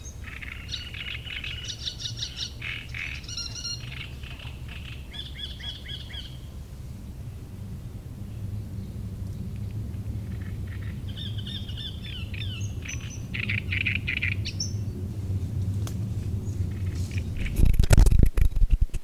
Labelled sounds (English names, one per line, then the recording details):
Great Reed Warbler
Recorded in the wild
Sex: male
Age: adult
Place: Müggelsee, Berlin, DE
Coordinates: 52.43, 13.64
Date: 1991-06-07 19:50
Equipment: Uher 4400 Report Monitor, Sennheiser ME 80, K 30 AV
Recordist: Fischer, Stefan